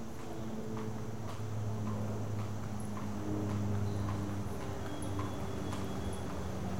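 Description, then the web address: Horse hoofbeats, irregular clopping steps over a steady low rumble of traffic. Horse and buggy moving in traffic in Philadelphia, America. "BBC Sound Effects Library (America) Traffic w-horse and buggy, Philadelphia"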